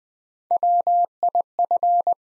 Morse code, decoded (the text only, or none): WIF